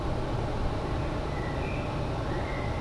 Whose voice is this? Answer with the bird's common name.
Common Blackbird